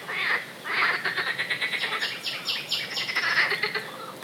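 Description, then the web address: Frogs giving fast, rattling croaks run together into a continuous churring chorus with a few louder pulsed bursts. "nature zaby"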